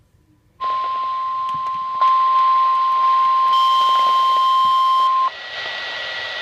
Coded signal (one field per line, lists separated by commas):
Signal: Emergency Alert System (SAME) tones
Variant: 1050 Hz attention tone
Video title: KJY68 Required Weekly Test - EAS #504